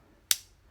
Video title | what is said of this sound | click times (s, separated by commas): The Loyal Subjects M.A.S.K. CONDOR with Brad Turner Video Review | You will hear a click that releases this gun, so you can see | 0.3 s